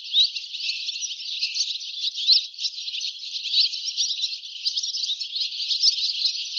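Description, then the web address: Bird calls, a steady stream of high chirps with short rising and falling slurs running throughout. "cianscape birddata Deverinetal 2025"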